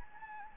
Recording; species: mosquito wingbeat signal from an infrared sensor; Anopheles gambiae